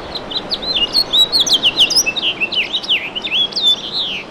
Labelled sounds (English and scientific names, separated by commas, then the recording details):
House Finch (Haemorhous mexicanus) song
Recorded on Long Island, New York, on 2 June 2012
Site CP
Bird B